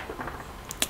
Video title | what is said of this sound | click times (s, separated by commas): Asus P45VA Basic Teardown | it back in just reverse what you did just slide it in and push it down until you hear it click | 0.8 s